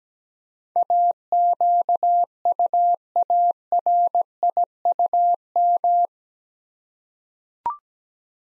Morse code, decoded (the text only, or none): AQUARIUM